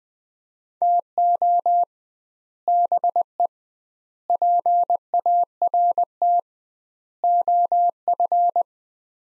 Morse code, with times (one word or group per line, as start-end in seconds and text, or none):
0.8-1.8 TO
2.7-3.5 BE
4.3-6.4 PART
7.2-8.6 OF